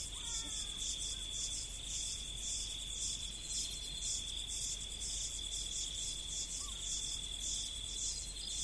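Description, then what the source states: Insects calling in a dense chorus: a steady high ringing tone under a brighter pulsing chirp that repeats about twice a second. Insects calling in the prairies.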